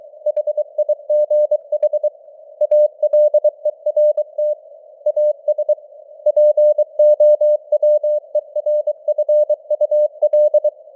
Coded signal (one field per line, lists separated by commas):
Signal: Morse code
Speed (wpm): 23 wpm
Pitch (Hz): 600 Hz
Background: none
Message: HIGH ALERT AS POWERFUL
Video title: Morse Code News | 2025-10-26 | 23wpm